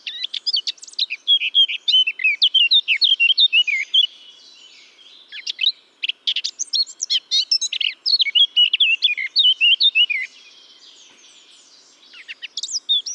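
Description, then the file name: Eurasian blackcap singing repeated bursts of rapid, varied warbling, mostly several seconds long, separated by short pauses, full of sharp whistled and chattering notes. "Sylvia atricapilla"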